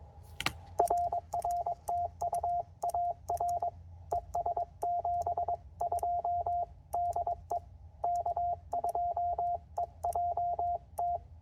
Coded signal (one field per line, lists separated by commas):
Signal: Morse code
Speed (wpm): 21 wpm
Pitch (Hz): 700 Hz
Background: radio noise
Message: RR TU AR ES 72 DE K2EJT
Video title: CW POTA with the Penntek TR-45L